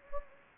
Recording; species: mosquito wingbeat signal from an infrared sensor; Anopheles gambiae